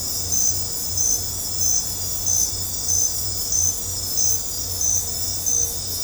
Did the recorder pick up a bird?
no